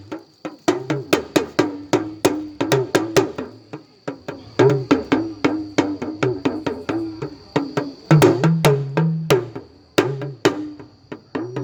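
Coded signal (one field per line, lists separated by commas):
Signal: talking drum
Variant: Yoruba dùndún, oriki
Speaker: That's what we call talking drum, oriki.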